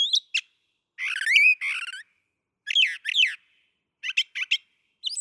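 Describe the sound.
Brown thrasher song with a long warbled phrase, a doubled slurred note and quick paired chips, each set separated by short pauses.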